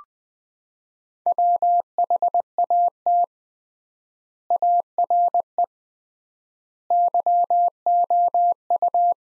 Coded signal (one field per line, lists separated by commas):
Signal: Morse code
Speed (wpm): 20 wpm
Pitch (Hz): 700 Hz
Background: none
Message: WHAT ARE YOU